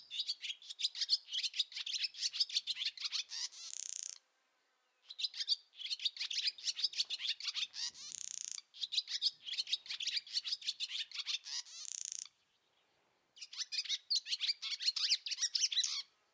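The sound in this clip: Barn swallow twittering: rapid bursts of high, chattering notes lasting several seconds each, split by brief silent pauses, with quiet background.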